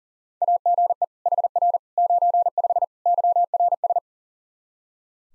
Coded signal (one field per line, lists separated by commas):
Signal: Morse code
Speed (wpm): 38 wpm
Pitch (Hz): 700 Hz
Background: none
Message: AGE HR 95 YRS